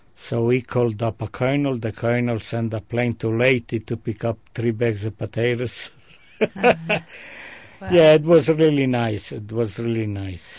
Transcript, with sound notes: So we called up a colonel, the colonel sent a plane to Leyte to pick up three bags of potatoes. (he laughs) Yeah, it was really nice. It was really nice.